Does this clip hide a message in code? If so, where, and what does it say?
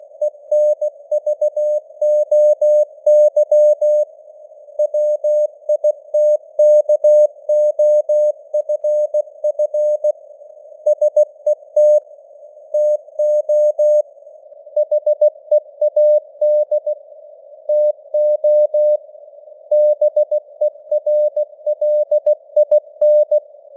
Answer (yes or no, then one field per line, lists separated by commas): yes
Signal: Morse code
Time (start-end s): 0.2-23.4 s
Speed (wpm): 16 wpm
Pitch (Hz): 600 Hz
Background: none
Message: ENVOY WITKOFF SET TO HEAD TO BERLIN